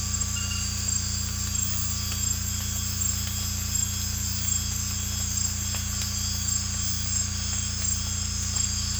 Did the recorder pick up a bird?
no